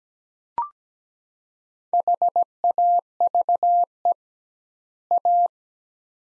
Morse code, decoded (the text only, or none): HAVE A